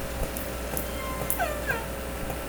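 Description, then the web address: Killer whale giving brief pulsed calls with rising and falling tones over steady underwater hiss and a low droning hum. Southern Resident killer whale, J pod, call type S7. "Orca Calls Audiosamples"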